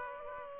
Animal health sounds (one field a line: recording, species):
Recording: mosquito wingbeat signal from an infrared sensor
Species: Aedes aegypti